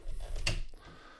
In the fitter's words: I mean the arms here you go ahead and they'll just clip in the sides of the Torso like so